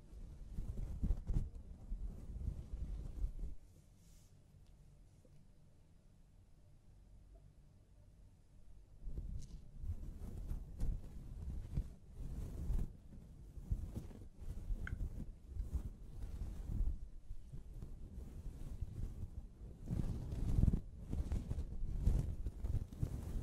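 Scalp massage during a hair wash: dense, uneven rubbing and scrunching sounds, mostly low and muffled, with frequent brighter crackles. The rubbing pauses for a near-silent stretch from about four to nine seconds, then resumes and grows louder toward the end.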